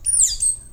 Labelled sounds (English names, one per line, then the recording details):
Stitchbird song
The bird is a male
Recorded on Tiritiri Matangi Island, New Zealand, in 2005
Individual 11, of nest box 13